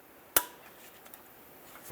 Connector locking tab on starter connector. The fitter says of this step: press that in listen for a click give it a tug to make sure it's secure lock it down